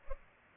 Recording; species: mosquito wingbeat signal from an infrared sensor; Culex pipiens